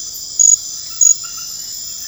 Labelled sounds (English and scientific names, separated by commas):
none